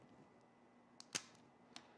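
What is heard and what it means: A plastic snap connector pin is pushed into a building-set beam on a robot build, giving sharp plastic snaps at 1.0, 1.2 and 1.8 seconds, the loudest at 1.2 seconds. The pin only partly goes in and does not fully seat, because a gap stops it from going in perfectly.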